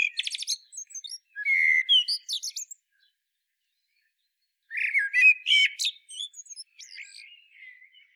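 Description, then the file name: Common blackbird giving two song phrases of low warbled notes and high, thin twittering, separated by a brief pause, with scattered quiet chirps afterward. "Turdus merula"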